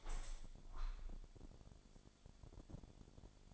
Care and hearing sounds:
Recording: daily activity, microphone in the room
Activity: open window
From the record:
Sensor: 5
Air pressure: 1000.5 hPa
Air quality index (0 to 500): 155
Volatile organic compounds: 2 ppm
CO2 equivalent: 1185 ppm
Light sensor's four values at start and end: 39/91/38/41 and 39/91/38/41

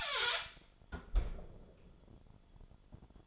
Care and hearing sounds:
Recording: daily activity, microphone in the room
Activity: close fridge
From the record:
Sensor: 5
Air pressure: 1007.9 hPa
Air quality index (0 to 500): 95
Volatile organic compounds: 1 ppm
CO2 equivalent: 743 ppm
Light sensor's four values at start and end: 41/92/39/40 and 40/90/38/39

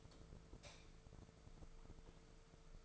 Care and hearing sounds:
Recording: daily activity, microphone in the room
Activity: light off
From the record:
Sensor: 5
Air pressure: 1014.8 hPa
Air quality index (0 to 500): 171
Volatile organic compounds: 6 ppm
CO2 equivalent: 1885 ppm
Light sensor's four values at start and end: 62/150/61/64 and 60/144/59/61

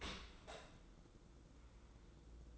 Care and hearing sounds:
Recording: daily activity, microphone in the room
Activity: open dishwasher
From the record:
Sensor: 3

